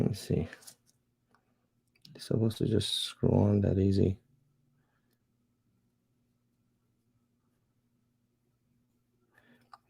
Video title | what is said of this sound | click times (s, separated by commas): BUILDING A GAME CONSOLE FROM SCRATCH (LIVE) Part 2 - 8BITCADE XL | should go on pretty easy baby i didn't catch on the right uh try the first time | none